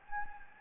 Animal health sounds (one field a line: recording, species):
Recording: mosquito wingbeat signal from an infrared sensor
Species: Anopheles gambiae